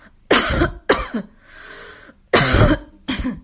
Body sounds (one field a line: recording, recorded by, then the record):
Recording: voluntary cough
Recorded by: messaging app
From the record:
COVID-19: negative